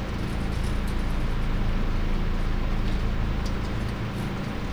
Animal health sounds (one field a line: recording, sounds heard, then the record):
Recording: poultry house recording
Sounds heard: no chicken sound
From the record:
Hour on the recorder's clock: 3